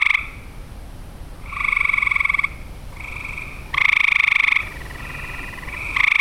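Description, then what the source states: Frogs producing strong rattling trills about a second long, alternating loud and softer callers with short gaps between. Recorded in Olivet, Michigan, on 6 June 2008.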